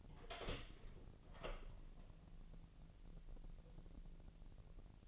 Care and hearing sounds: daily activity, microphone in the room; open door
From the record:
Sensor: 4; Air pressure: 1002.2 hPa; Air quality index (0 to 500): 249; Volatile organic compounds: 42 ppm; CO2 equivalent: 3178 ppm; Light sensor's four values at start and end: 10/22/8/8 and 9/21/8/8

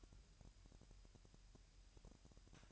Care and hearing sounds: daily activity, microphone in the room; take from stove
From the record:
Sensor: 2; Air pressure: 1001.9 hPa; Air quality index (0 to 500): 248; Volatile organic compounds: 37 ppm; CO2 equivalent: 3088 ppm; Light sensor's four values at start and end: 5/11/5/5 and 5/11/5/5

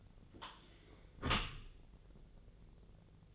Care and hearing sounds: daily activity, microphone in the room; close dishwasher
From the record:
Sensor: 4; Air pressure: 1001.3 hPa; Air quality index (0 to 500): 182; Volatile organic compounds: 2 ppm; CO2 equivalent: 1300 ppm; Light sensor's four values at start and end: 12/29/12/12 and 13/29/12/12

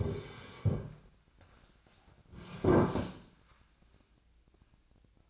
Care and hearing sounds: daily activity, microphone in the room; sit down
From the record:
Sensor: 2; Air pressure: 1009.1 hPa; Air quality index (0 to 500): 175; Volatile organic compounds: 2 ppm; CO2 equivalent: 1276 ppm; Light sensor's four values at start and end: 36/94/40/43 and 33/88/37/40

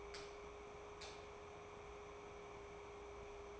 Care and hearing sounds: daily activity, microphone in the room; light on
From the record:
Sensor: 1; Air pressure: 1010.2 hPa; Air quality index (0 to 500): 172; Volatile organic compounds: 12 ppm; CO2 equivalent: 2369 ppm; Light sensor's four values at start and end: 48/126/52/65 and 52/140/56/70

